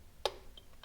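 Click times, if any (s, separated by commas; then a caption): 0.2 s. A flathead screwdriver pushes a spring-loaded metal push rod cover up into its seat against the O-ring in the cylinder head of a Harley-Davidson Street Glide motorcycle engine. A sharp snap is heard at 0.3 s, followed by two fainter ticks at about 0.6 s and 0.8 s. The snap confirms that the cover is seated up in place.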